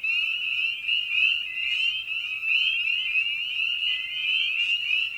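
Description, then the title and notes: Spring peepers, a ringing mass of high, slurred-up peeps that swells slightly now and then but never pauses. Evening at a frog pond. "Night of the Peepers. Species in Focus: Spring Peeper (Pseudacris crucifer). Ian Carlsen"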